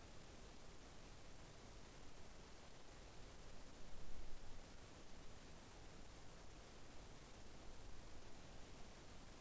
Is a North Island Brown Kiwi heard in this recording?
no